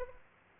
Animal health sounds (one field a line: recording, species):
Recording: mosquito wingbeat signal from an infrared sensor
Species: Aedes aegypti